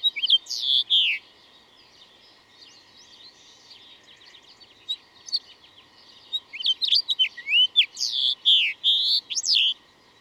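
Bird song: loud swooping whistles, a quiet pause with faint twitters, then a long burst of chirps and slurred whistles.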